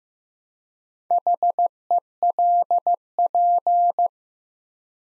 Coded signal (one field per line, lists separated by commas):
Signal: Morse code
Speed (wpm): 15 wpm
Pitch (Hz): 700 Hz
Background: none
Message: HELP